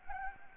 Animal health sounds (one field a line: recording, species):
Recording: mosquito wingbeat signal from an infrared sensor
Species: Anopheles gambiae